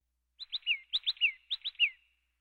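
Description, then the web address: Plain titmouse calling a three-note phrase three times in quick succession: two short sharp notes, then a longer falling one. "plain titmice"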